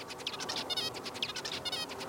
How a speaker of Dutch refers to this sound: En dan hier hebben we nu nog de zebravink.